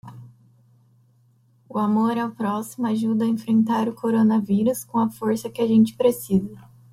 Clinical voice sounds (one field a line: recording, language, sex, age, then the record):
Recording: spoken sentence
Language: Brazilian Portuguese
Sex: female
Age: 20 to 29 years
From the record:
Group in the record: control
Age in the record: 27 years